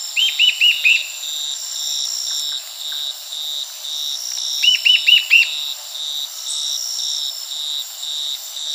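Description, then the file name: Bird calls in two quick bursts of four or five arched, slurred notes, about four seconds apart, over a steady high insect buzz and faint pulsing chirps. "SABIOD 50 bird 2015"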